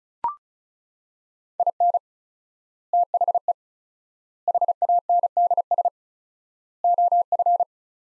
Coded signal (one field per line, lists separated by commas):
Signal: Morse code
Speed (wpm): 36 wpm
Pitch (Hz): 700 Hz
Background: none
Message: IN THE HANDS OF